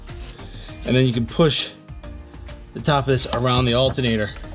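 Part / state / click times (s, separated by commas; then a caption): stretch drive belt onto alternator pulley / not seated / none. A ribbed stretch drive belt is being worked onto the alternator pulley, with its top pushed around the pulley, while someone talks over background music. A few faint short knocks come through at about 1.9, 2.0 and 2.5 seconds. The belt has not yet snapped onto the pulley, and nothing has seated or clicked yet.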